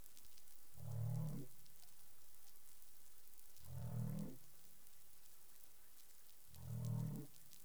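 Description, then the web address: Humpback whale calls: three low, moaning harmonic units with a slight downward bend, repeated about every three seconds over a steady background hiss with faint crackling. Recorded in the Caribbean on 20 April 2021 at 04:08 UTC. "CARIMAM. humpback whale 20210420 040842 UTC"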